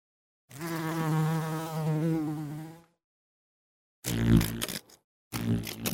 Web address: пчела